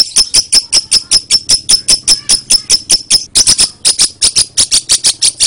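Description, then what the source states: Lovebird giving piercing high chirps in a regular series, several every second, turning harsher and fuller in the second half. Lovebird called Putri Mentaya.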